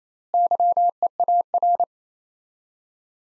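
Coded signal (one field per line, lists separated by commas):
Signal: Morse code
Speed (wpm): 28 wpm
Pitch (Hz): 700 Hz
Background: none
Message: YEAR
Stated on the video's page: Morse practice at 28 wpm, four-word sets with 4x word spacing, Farnsworth-like method using words; each set is sent, then spoken.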